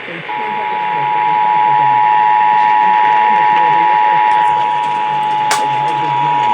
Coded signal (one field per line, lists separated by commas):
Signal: Emergency Alert System (SAME) tones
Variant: 853 and 960 Hz attention tone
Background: speech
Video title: New York City RMT on WABC (6/9/21)(EAS 735)